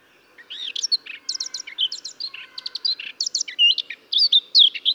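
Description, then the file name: Eurasian blackcap song, a busy run of scratchy, chattering notes and brief whistles with no clear fluty ending, delivered continuously over a faint low background hum. "Sylvia atricapilla"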